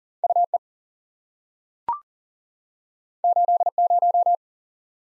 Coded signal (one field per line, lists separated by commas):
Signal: Morse code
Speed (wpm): 41 wpm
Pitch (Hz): 700 Hz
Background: none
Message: U E 8 0